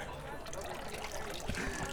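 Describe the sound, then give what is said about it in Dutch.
A toilet flushing: a steady, fairly loud rush of gurgling water that runs the whole two seconds, with a brief surge about midway through. “Wc doortrekken is het.”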